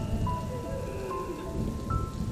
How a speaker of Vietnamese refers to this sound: Đột nhiên vang lên một tiếng sét đánh ngang trời. Cơn mưa xối xả trên mái tôn vang lên đợp đợp. Tiếng động ồn ả đó lấn át hết tiếng khóc của người thân bên trong căn nhà.